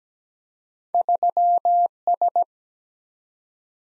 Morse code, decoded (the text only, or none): 3S